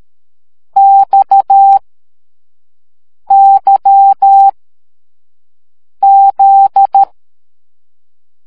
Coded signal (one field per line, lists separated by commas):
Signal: Morse code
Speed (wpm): 13 wpm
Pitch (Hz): 790 Hz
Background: none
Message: X Y Z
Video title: See and hear Morse Code